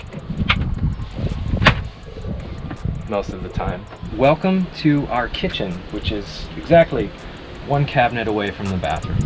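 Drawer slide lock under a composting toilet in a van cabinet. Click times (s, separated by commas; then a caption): 0.5 s, 1.7 s. A Nature's Head composting toilet on two heavy-duty 500-pound drawer slides in a self-built Promaster camper van cabinet is rolled out and pushed back. The drawer slide locks into place with sharp clicks at 0.5 s and 1.7 s. Afterward, someone talks.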